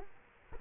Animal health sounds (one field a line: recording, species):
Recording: mosquito wingbeat signal from an infrared sensor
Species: Culex quinquefasciatus